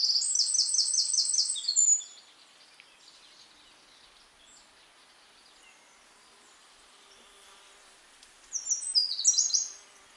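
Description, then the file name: Eurasian wren song fragments: a high rapid trill lasting about two seconds, then quiet, then another short burst of sharp high notes near the end. "Troglodytes troglodytes"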